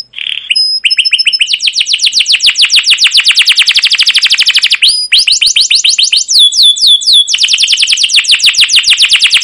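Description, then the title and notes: Canary song: a continuous loud, fast trill of repeated notes with brief whistled slurs and changes of tempo, running almost without pause. Caged canary song used as a lure to train and tutor young canaries to sing long, vigorous songs. "CUIT CUIT NGEROL LANGSUNG GACOR PANJANG Kenari Ini AMPUH Utk Pancingan KENAR. PANCINGAN Kenari GACOR PANJANG Cuit CUIT EMOSI ini AMPUH utk MASTERAN Kenari PAUD belajar BUNYI. burung kenari"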